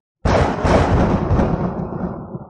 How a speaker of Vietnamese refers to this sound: Một tràng tiếng sấm vang lên, 3 luồng sáng kia đánh lên trên cái bàn tay khổng lồ, khiến cho nó ầm ầm chấn động.